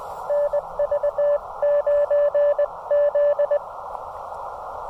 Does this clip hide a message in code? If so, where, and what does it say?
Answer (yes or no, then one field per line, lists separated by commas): yes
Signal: Morse code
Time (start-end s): 0.3-3.6 s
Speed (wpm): 17 wpm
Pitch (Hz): 590 Hz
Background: radio noise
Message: NV9Z